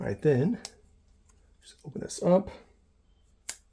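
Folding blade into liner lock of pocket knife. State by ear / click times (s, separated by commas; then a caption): seated / 3.5 s. A steel Spyderco Delica 4 blade, integrated into a 111 Swiss Army Knife, is opened and snaps into place against its liner lock. Someone talks, then a single loud, sharp click at 3.5 s marks the blade seating into the lock.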